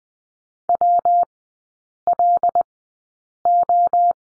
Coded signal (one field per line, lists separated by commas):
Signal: Morse code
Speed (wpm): 20 wpm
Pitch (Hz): 700 Hz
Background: none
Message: WLO